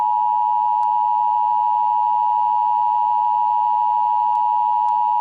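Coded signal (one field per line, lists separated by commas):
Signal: Emergency Alert System (SAME) tones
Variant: 853 and 960 Hz attention tone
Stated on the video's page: Fictional nuclear attack scenario made for fun; tones may or may not be valid.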